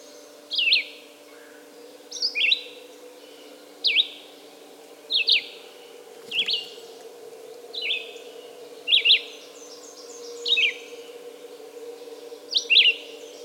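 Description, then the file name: Red-eyed vireo with a long run of short whistled phrases, varied in pitch, over low background hum. "red-eyed vireo song by jonathon jongsma"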